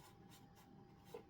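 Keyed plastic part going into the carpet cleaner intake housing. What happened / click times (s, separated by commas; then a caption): Plastic part handled and lined up, no seating click / none. A keyed plastic part is handled at the intake housing of a Bissell PowerClean carpet cleaner; it is the wrong way round and gets turned over to line up before twisting to lock. Only light plastic rubbing and soft tapping are heard, with a slightly louder tap near 1.1 s. Nothing has seated or clicked yet.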